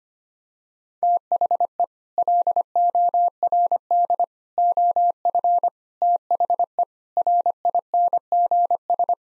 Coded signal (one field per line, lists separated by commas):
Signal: Morse code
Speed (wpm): 25 wpm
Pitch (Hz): 700 Hz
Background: none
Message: THE LORD OF THE RINGS